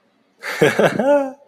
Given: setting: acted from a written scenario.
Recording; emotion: vocal sound without words; amusement